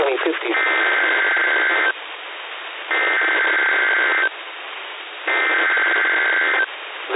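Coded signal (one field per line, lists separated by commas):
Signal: Emergency Alert System (SAME) tones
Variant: header bursts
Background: speech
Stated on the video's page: Public demonstration EAS message from a non-NWS source, sent over the Seattle NOAA Weather Radio station.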